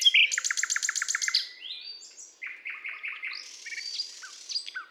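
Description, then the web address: Common nightingale song: a fast burst of loud repeated clicking notes, then a short buzzy phrase and a run of sweeter, varied twitters and whistles. "SETE data Luscinia megarhynchos"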